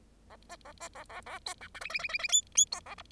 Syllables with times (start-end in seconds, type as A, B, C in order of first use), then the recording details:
0.30-0.36 A, 0.49-0.56 B, 0.65-0.72 A, 0.80-0.88 B, 0.95-1.04 A, 1.09-1.21 A, 1.26-1.39 A, 1.46-1.54 C, 1.61-1.68 D, 1.74-1.80 E, 1.81-1.89 F, 1.90-1.99 F, 1.99-2.08 F, 2.08-2.18 F, 2.19-2.28 F, 2.28-2.41 G, 2.55-2.65 G, 2.71-2.80 C, 2.86-2.95 A, 2.98-3.02 H. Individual Bird0